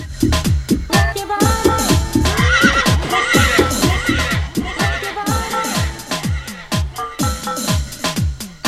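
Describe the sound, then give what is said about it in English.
A horse neighs and whinnies loudly and repeatedly, with shrill, wavering cries, snorts and rapid pulsing calls filling the whole stretch without any talking. “And when you text and horse, you get a...”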